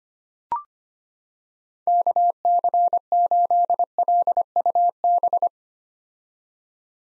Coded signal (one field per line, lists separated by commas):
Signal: Morse code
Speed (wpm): 25 wpm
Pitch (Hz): 700 Hz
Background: none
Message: KC8LUB